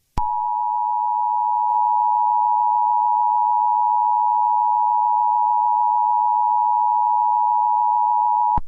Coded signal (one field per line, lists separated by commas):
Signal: Emergency Alert System (SAME) tones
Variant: 853 and 960 Hz attention tone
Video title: An EAS scenario USA vs Egypt